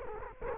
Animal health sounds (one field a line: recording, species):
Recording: mosquito wingbeat signal from an infrared sensor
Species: Culex quinquefasciatus